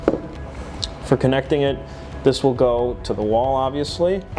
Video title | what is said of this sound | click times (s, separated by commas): Cigar Oasis Excel 3.0 Setup Instructions Tutorial | until you hear that nice snap sound, and that means it's on. | 0.1 s, 0.8 s